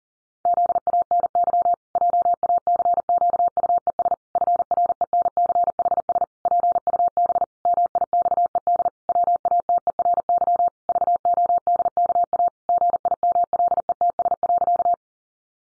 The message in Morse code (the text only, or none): ZANY JACQUES FRENCHS PUB MIXED WATERY VODKA GIMLETS.